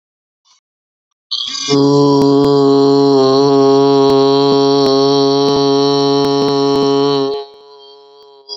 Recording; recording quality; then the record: sustained vowel as in boot; excellent, no background noise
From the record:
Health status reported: COVID-19 positive, mild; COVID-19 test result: positive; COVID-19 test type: RT-PCR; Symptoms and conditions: cold, fever, muscle pain, diabetes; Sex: male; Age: 32 years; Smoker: no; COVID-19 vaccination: one dose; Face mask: not worn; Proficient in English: yes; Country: India